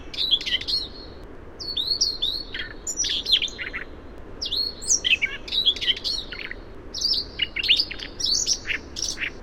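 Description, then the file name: Siberian rubythroat song: a rapid, varied warble of whistled slurs, chirps and scratchy notes, mostly high-pitched, delivered in bursts with brief pauses over a faint background hiss. Variation. "suara siberian rubythroat variasi"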